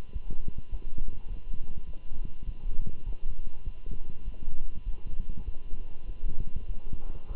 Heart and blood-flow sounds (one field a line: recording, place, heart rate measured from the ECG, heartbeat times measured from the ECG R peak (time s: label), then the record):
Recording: heart sounds by stethoscope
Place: between the tricuspid and mitral areas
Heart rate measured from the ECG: 101 bpm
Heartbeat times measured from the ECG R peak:
0.13 s: heartbeat
0.71 s: heartbeat
1.29 s: heartbeat
1.87 s: heartbeat
2.46 s: heartbeat
3.06 s: heartbeat
3.64 s: heartbeat
4.25 s: heartbeat
4.85 s: heartbeat
5.45 s: heartbeat
6.07 s: heartbeat
6.68 s: heartbeat
7.28 s: heartbeat
From the record:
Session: walking at 3.7 km/h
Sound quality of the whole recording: good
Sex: male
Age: 24 years